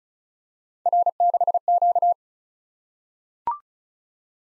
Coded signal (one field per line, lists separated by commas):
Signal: Morse code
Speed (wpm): 36 wpm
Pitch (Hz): 700 Hz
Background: none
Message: R6Q